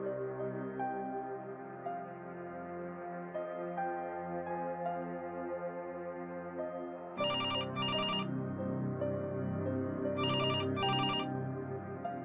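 A telephone rings in two sharp double bursts, a pair of bright trills, a pause, then another pair, over a steady, droning musical tone that runs throughout.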